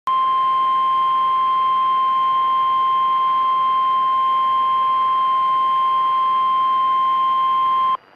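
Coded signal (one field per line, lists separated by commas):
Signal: Emergency Alert System (SAME) tones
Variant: 1050 Hz attention tone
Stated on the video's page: SAME alerts received from WDFA: a required weekly test, severe thunderstorm warnings and a tornado warning.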